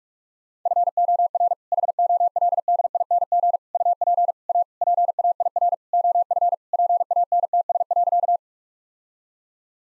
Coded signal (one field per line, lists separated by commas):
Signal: Morse code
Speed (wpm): 41 wpm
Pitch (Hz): 700 Hz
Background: none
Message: FOR HOLDING UP A PAIR OF PANTS.